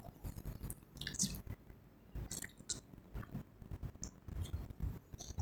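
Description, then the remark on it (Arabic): Someone drinking water: faint, wet sipping and swallowing sounds with small clicks and gulps, irregular over several seconds and with no talking. “فسر بقى عشان عايز اشرب شويه ميه، مع ان ما حدش النهارده لا جاب لي كركديه ولا شاي.”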